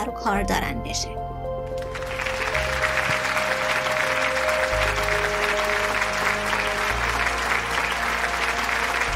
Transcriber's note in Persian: صدای تشویق پایانی حضار و پخش موسیقی